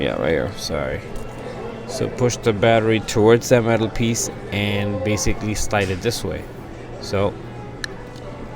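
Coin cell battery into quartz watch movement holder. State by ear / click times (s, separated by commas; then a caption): seated / 7.8 s. A coin cell battery is pushed toward the metal retaining piece and slid into the battery holder of an Armani Exchange quartz watch movement while someone talks. A short, sharp click at 7.8 seconds marks the battery seating in the holder.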